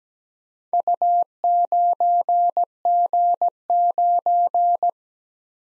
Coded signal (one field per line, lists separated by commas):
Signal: Morse code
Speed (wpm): 17 wpm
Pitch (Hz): 700 Hz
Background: none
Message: U9G9